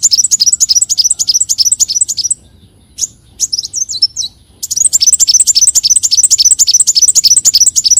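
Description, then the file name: Leafbird song of dense, fast high chirping in long bursts, with a short quieter pause of a few scattered notes midway. "Tieng chim xanh tim"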